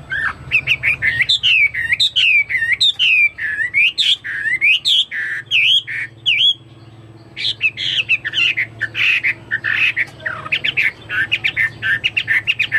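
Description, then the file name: Chinese hwamei delivering a fast, loud stream of looping whistles and swooping notes, briefly pausing, then resuming with buzzy and whistled phrases. "omkicau hwamei"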